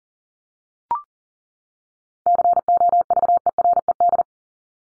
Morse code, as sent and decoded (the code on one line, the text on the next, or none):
-.-. --- ...- . .-. . -..
COVERED